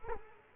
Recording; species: mosquito wingbeat signal from an infrared sensor; Culex quinquefasciatus